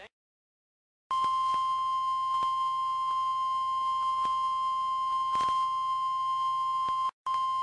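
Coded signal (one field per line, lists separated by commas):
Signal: Emergency Alert System (SAME) tones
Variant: 1050 Hz attention tone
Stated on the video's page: NOAA Weather Radio broadcast recorded during a 1996 Alabama tornado outbreak, before the automated voice was used.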